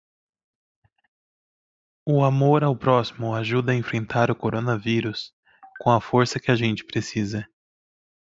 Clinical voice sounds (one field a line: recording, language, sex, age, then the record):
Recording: spoken sentence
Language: Brazilian Portuguese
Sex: male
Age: 30 to 39 years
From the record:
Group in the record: control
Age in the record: 31 years